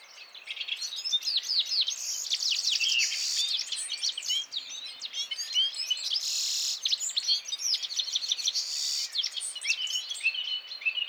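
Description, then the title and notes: Citril finches singing together without pause, a continuous mix of high tinkling notes, buzzy phrases and quick warbled twitters. Males singing in a gathered flock before females at end of winter, 17 March 2017, Vallon de Combeau, Drôme, France, mountains; recorded with Nagra Seven and Telinga P7. "Printemps de Venturon. Vallon de Combeau - Drôme"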